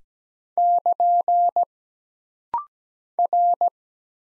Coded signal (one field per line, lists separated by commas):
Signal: Morse code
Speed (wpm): 17 wpm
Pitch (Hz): 700 Hz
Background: none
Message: <KN> R